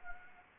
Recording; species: mosquito wingbeat signal from an infrared sensor; Anopheles gambiae